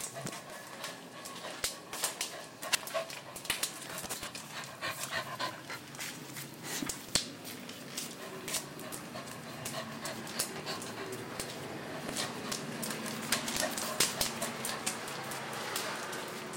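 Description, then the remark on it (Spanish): A small, thirsty dog pants steadily in quick, breathy huffs, a continuous rhythmic rasp with occasional sharper bursts, and no one speaks. “Ese es el perrito, el pucherito.”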